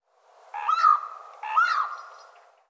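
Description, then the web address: Bird calling with two drawn-out, slightly rising notes about a second apart, each held steady and then fading, with no other sounds. "cianscape birddata Deverinetal"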